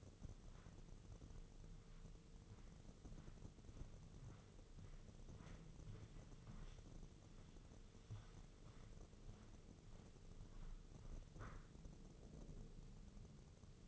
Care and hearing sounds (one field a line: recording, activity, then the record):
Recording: daily activity, microphone in the room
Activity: walk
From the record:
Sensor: 4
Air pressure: 996.7 hPa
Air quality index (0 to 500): 243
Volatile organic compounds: 370 ppm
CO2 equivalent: 4619 ppm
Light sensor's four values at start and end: 50/122/50/50 and 50/122/50/50